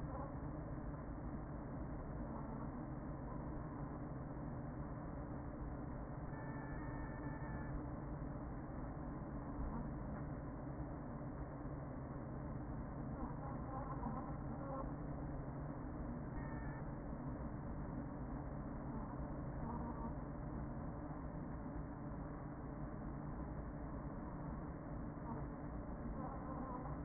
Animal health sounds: honeybee colony, microphone inside the hive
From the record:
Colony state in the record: queen present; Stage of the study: after two queens were removed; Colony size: about 40,000 bees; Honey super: no

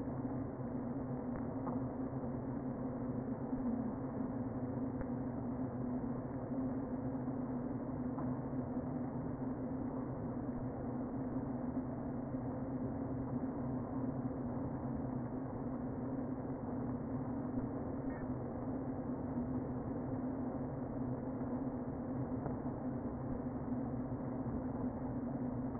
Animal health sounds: honeybee colony, microphone inside the hive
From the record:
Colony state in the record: queen present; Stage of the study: before two queens were removed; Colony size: about 60,000 bees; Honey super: yes

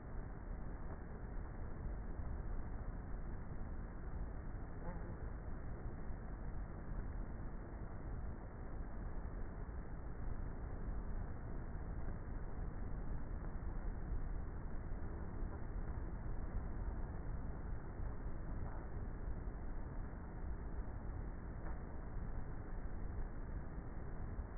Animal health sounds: honeybee colony, microphone inside the hive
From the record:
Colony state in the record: queenless with a low population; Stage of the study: before two queens were removed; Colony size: about 30,000 bees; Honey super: no

